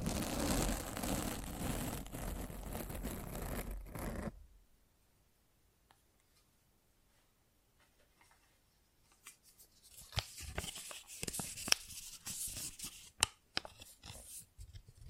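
Microphone scratching fills the first four seconds with a dense, rough rubbing noise that runs from low to high, then cuts off to near silence. From about ten seconds on, irregular scratches and sharp bright clicks return in sparse, uneven bursts until the end.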